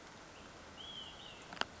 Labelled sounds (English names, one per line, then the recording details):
Olive-sided Flycatcher
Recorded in Sonoma County, California